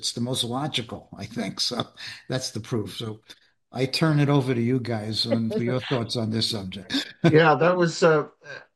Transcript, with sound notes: It's the most logical, I think. So that's the proof.
So I turn it over to you guys-
(laughs)
... um, for your thoughts on this subject.
Yeah, that was,